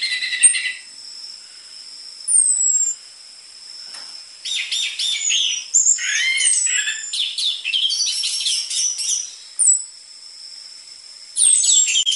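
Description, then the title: Orange-headed thrush singing a long varied medley of thin downslurred whistles, buzzy chatters and quick chirps with short pauses, accompanied by a continuous high-pitched hum. Lure recording for training caged birds, with dense filler material used as a model for tutoring spotted-variety orange-headed thrushes; the bird sings actively. "PANCINGAN Anis Merah Gacor Materi Isian Rapat Cocok Untuk MASTERAN Anis Merah TROTOL"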